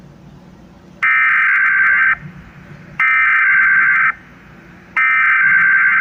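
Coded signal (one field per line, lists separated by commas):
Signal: Emergency Alert System (SAME) tones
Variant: header bursts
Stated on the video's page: Mock EAS alert recreating a Houston tornado emergency, with the message left incomplete.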